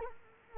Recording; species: mosquito wingbeat signal from an infrared sensor; Culex quinquefasciatus